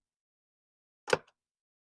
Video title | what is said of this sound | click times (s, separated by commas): Watch the assembly and demo of this cordless spa vacuum | until they click, and then you're able to use your telescoping rod at that point. | 1.1 s